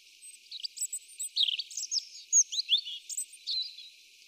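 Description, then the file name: European robin song, a varied tumble of high, thin notes with quick whistles and downslurs. "Erithacus rubecula"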